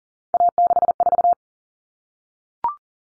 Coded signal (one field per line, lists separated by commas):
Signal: Morse code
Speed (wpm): 40 wpm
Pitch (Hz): 700 Hz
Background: none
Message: A64